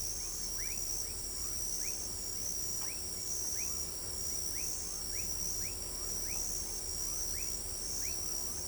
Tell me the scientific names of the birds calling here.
none